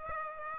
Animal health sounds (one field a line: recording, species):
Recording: mosquito wingbeat signal from an infrared sensor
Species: Aedes aegypti